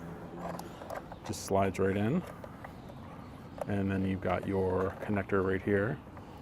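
A battery pack slides into the hull of a Rabing F1 RC boat while someone talks, with a few faint handling taps as the plastic battery connector is brought up to the boat's power lead. The clip ends before the connector is pushed home, so nothing has seated or clicked yet.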